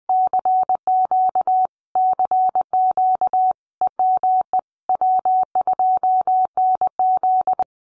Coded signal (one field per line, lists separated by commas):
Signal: Morse code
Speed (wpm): 20 wpm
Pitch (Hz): 750 Hz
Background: none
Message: CQ CQ EME W2NZ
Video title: Contesting & Propagation Tools, Bud Trench, AA3B, Presents - Part 1